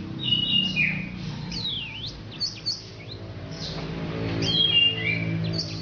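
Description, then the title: Orange-headed thrush song made of sweeping downslurred and upslurred whistles with scattered sharp notes, quite soft against a low steady rumble. "Anis Merah"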